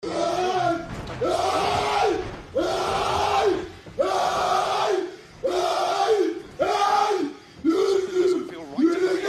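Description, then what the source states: Cat meowing, drawn-out arched meows repeated several times with short pauses between them. Cat named Kittyy.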